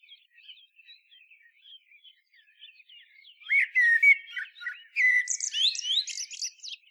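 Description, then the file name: Common blackbird song: quiet twittering at first, then two loud phrases of low fluted notes that break into high, scratchy squeaks. "Turdus merula"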